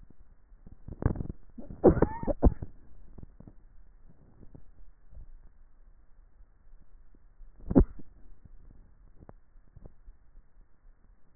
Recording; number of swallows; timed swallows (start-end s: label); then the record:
swallowing sounds by neck microphone; 1
4.48-5.42 s: swallow
From the record:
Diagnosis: dysphagia